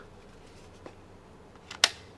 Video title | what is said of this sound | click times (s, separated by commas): MY ULTIMATE Nintendo Switch 2 Launch Haul! My Wallet Hates Me | Oh yeah, there you go. I like that. It just snaps right into it with the magnet. | 1.8 s